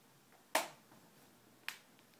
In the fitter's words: snaps right in seem pretty good it's